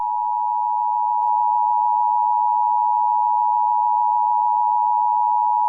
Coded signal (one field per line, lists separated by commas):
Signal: Emergency Alert System (SAME) tones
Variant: 853 and 960 Hz attention tone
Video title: EAS Scenario #61: SUPER GLITCH!!